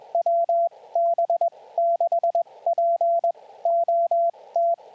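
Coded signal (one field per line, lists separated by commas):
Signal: Morse code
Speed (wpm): 21 wpm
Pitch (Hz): 680 Hz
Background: radio noise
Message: WB6POT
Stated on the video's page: Morse callsign practice for SOTA chasers, sent on J.M. March S-3A magnetic paddles, each callsign followed by a phonetic announcement.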